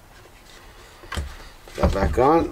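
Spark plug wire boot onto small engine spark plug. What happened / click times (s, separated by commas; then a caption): Handled, not yet home: the boot is being fitted but no seating snap is confirmed / none. The rubber spark plug wire boot is handled near the terminal of a cleaned, gapped small engine spark plug that has just been snugged in, with a brief sharp handling sound at 1.2 s while someone talks. Nothing has seated or clicked yet.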